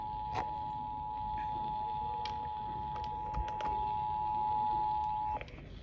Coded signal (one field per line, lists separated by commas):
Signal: Emergency Alert System (SAME) tones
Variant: 853 and 960 Hz attention tone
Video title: MN RMT At School! EAS 810-811